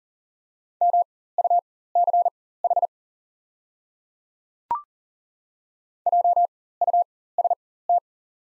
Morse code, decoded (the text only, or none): MUCH JUST